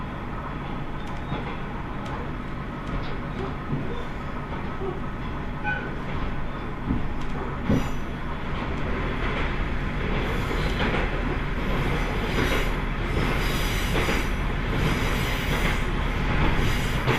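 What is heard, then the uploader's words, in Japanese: A local train rolls along the line, heard from on board as a dense, steady low rumble. Wheels clack over rail joints at irregular intervals, and after about ten seconds the ride grows slightly louder, with brighter hissing bursts and faint wheel squeal. 天竜浜名湖鉄道 都田→天竜二俣。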